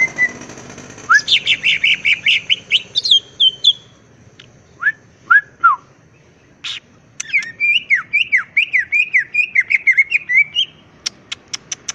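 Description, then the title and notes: Greater green leafbird song: rich warbled phrases, short upslurred whistles, then a fast run of looping chirps, over a low steady background hum. Vigorously singing (gacor) bird, described as melodious and used as a master recording for training other greater green leafbirds; song described as ngentrok with raised crest (jambul nembak). "Cucak Ijo Gacor Ngentrok Jambul Nembak. suara burung cucak ijo gacor, merdu cocok buat masteran burung cucak ijo"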